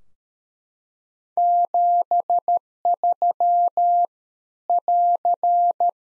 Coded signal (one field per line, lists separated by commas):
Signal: Morse code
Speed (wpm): 13 wpm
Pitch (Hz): 700 Hz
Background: none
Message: 73 <AR>